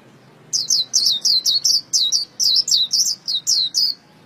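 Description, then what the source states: White-eye song: a quick, steady series of bright, high chirps lasting about three and a half seconds. Vietnamese song style called khuyên líu.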